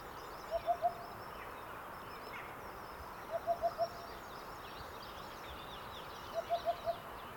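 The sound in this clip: Cuckoo giving three bursts of three or four soft, evenly spaced hoots, with quiet pauses between the runs and a constant hiss behind.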